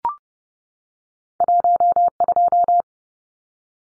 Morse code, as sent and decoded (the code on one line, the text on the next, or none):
.---- ..---
12